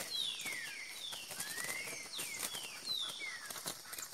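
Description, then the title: Green-winged saltator song of clear whistled phrases, mostly falling with one rising slur, given in quick succession. Wild bird singing in the woods, competing in song with another free-living bird. "Trinca Ferro NICÃ O No Mato Disputando Com Solto"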